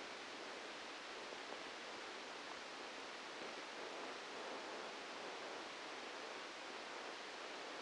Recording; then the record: brain microelectrode recording played as sound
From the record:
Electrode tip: outside the subthalamic nucleus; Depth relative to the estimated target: 3 mm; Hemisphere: left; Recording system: NeuroSet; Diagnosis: Parkinson's disease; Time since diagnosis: 13 years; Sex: male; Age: 63 years